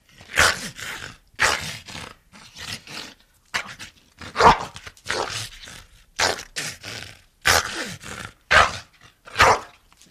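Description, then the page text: Pit bull giving harsh, aggressive barks mixed with rough snarling growls, delivered in irregular bursts every second or so. Aggressive, angry barking and growling. "Pit Bull Dog Aggressive Barks and Growls. Sneak On The Lot"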